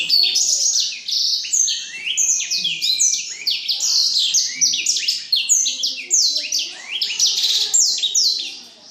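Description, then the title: Black-throated canary song: rapid, rambling chatter of bright whistles and descending slurred notes, loud and sustained with only brief dips. Exceptional black-throated canary from Jombang. "Burung blackthroat Istimewa dari Jombang"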